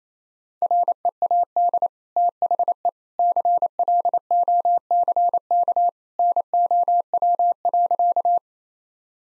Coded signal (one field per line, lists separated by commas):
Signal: Morse code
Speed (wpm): 28 wpm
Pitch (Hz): 700 Hz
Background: none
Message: READ THE CLOCK NOW.